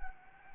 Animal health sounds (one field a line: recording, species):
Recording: mosquito wingbeat signal from an infrared sensor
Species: Anopheles gambiae